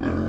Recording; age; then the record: pig call; growing-finishing pig (85 days or more)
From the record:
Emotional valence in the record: negative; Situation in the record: barren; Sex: male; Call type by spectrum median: low-frequency call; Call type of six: low-frequency modulated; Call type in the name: low-frequency modulated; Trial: 2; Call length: 0.30 s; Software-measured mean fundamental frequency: 49 Hz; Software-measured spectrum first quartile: 177 Hz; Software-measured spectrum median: 298 Hz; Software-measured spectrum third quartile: 599 Hz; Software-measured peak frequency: 258 Hz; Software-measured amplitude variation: 119 dB a second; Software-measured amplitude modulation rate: 31.9 a second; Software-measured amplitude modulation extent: 3.7 dB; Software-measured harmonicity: -0.5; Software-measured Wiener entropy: -0.79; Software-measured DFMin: 711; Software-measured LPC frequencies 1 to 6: 333, 1032, 1580, 2402, 3207, 3944 Hz